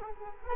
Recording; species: mosquito wingbeat signal from an infrared sensor; Culex quinquefasciatus